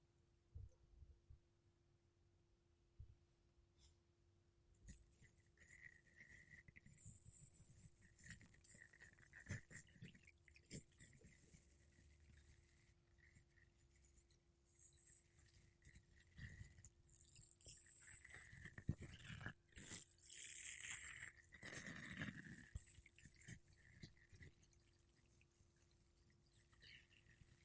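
Makeup brushes and a sponge rub across a microphone, making soft scratchy swishes that start after a few quiet seconds and keep up in an uneven rhythm. The strokes thicken and grow louder around twenty seconds, with occasional low thumps and a steady faint hum underneath.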